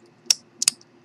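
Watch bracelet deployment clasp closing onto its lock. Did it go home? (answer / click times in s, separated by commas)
yes / 0.3 s, 0.7 s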